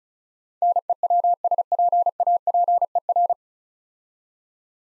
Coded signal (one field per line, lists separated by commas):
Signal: Morse code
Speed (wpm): 35 wpm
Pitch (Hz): 700 Hz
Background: none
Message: NEWSPAPER